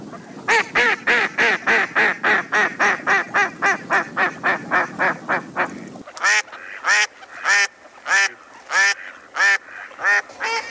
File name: mallard song